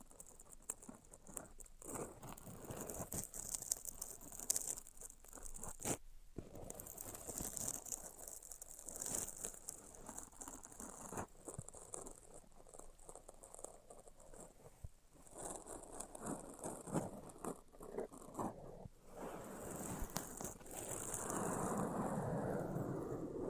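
Tapping, scratching and tracing sounds run throughout, a dense, busy texture of small clicks and rough brushing strokes with bright hiss on top. Short pauses fall near 6 and 19 seconds, and the last few seconds turn into a louder, steadier rubbing.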